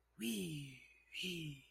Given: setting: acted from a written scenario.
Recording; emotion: vocal sound without words; ecstasy